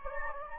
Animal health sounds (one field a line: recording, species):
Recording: mosquito wingbeat signal from an infrared sensor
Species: Anopheles gambiae